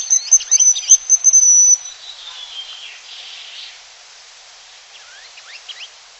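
Bird calls: very high, thin whistled notes and quick chirps in a burst at the start, then fainter scattered chirps over a quiet background.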